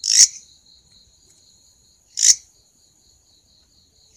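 Grasshopper call: loud scratchy bursts about two seconds apart, linked by a thin, pulsing high-pitched drone.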